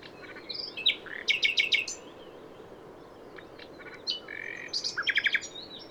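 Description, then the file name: Common nightingale singing in bursts, with quick series of sharp repeated notes, a brief pause, then rattling trilled phrases and bright chirps against low hiss. "Luscinia megarhynchos"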